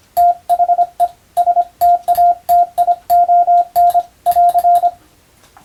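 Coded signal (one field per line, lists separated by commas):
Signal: Morse code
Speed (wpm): 24 wpm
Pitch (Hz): 700 Hz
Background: radio noise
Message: THE STATION <AR>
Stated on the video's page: CW sent for training for the Japanese radio operator exam telegraphy subject, using European-language telegram practice texts; also suited to amateur receiving practice.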